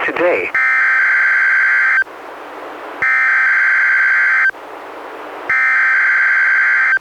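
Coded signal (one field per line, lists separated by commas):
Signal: Emergency Alert System (SAME) tones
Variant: header bursts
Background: speech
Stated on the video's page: NOAA Weather Radio required weekly tests from NWS, relayed by NWR station, recorded from a Reecom R-1630 weather radio through a Zoom H1 recorder.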